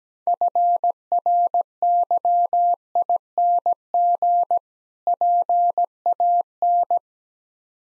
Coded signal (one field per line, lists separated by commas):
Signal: Morse code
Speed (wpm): 17 wpm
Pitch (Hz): 700 Hz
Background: none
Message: FRYING PAN